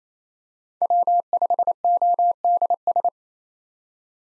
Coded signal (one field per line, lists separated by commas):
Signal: Morse code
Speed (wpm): 28 wpm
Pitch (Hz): 700 Hz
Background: none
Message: W5ODS